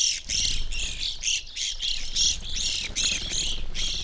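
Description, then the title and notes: Evening grosbeaks giving a steady stream of short, burry, arched chirps from several birds at once, overlapping with barely any pause, over a faint low rumble. Flock feeding on sunflower seeds at a feeder hanging from a birch in a backyard, McCloud, Siskiyou County, California; relatively warm winter morning; two microphones either side of the tree trunk. "I recorded this at my home in the small town of McCloud in Siskiyou County, California. It was a relatively warm winter morning, and a flock of Evening Grosbeaks was busily eating a breakfast of sunflower seeds from a feeder hanging from the branch of a birch tree in my backyard."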